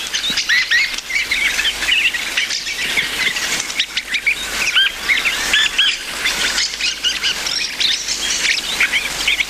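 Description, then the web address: Dusky thrush calls, a dense run of sharp, upward-curling squeaks repeated rapidly over a constant hissing background. "sikioto birds tsugugi"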